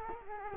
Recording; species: mosquito wingbeat signal from an infrared sensor; Culex quinquefasciatus